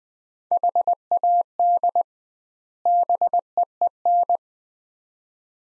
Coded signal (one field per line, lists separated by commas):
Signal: Morse code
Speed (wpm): 20 wpm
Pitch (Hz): 700 Hz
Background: none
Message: HAD BEEN